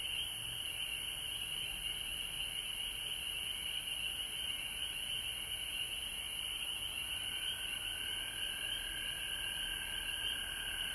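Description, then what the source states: Frogs calling as a steady, unbroken chorus of high trills, with a lower tone joining in the second half. Frogs recorded at home in Georgia on March 19, 2020.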